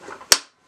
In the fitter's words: The wings fold and lock in place when not in use.